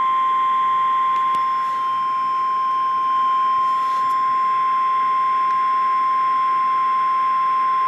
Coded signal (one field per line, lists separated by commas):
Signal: Emergency Alert System (SAME) tones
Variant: 1050 Hz attention tone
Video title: Severe Thunderstorm Warning (EAS #1,897) - November 3, 2018